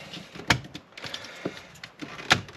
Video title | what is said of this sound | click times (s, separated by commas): Porsche Boxster 986 ATOTO S8 double din install carplay android auto | Well, if it doesn't click in, it does now. | 0.5 s, 2.3 s